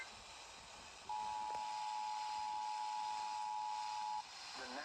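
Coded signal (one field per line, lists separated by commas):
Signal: Emergency Alert System (SAME) tones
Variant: 853 and 960 Hz attention tone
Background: speech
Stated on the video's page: Severe Thunderstorm Warning alert tones received from an FM broadcast station.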